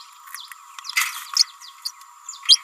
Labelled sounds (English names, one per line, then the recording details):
Green-rumped Parrotlet babbling
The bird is a female
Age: 29 days
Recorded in a nest box in Venezuela
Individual 17B31A3